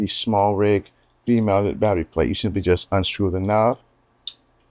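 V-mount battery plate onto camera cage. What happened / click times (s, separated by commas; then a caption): The mounting plate clicked into place / 4.3 s. Someone talks about a SmallRig V-mount battery plate and loosening its knob, then after a pause the plate is pushed onto a camera cage and a sharp click is heard at 4.3 seconds. The plate seats into place on the cage, ready to be twisted to lock.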